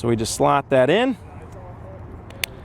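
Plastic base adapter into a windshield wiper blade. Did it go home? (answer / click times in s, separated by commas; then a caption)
yes / 2.4 s. A small plastic base adapter is slotted into a Scrubblade Platinum windshield wiper blade for a 2013 Volkswagen Beetle and pushed until it seats. Someone talks for the first second, then after a quiet stretch with a faint tick at 2.3 s, a sharp click at 2.4 s marks the adapter snapping into place.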